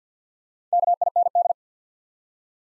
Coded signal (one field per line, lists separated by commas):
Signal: Morse code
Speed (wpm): 48 wpm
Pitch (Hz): 700 Hz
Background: none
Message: KIND